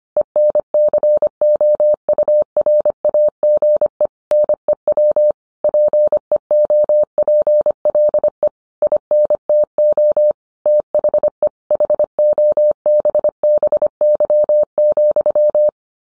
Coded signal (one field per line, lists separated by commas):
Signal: Morse code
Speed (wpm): 25 wpm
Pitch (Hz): 600 Hz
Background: none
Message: ENCOURAGE NEW PEOPLE INTO THE HOBBY,